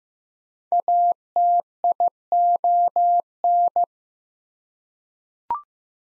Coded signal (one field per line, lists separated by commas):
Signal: Morse code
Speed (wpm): 15 wpm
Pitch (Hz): 700 Hz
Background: none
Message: ATION